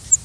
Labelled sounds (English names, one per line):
Cape May Warbler flight call